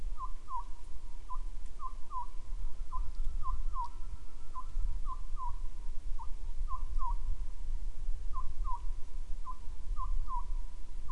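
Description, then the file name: Bird giving quick, mid-pitched, hooked whistled notes in a rapid, uneven run of singles and pairs throughout, against a heavy low-frequency rumble. "mainly bird"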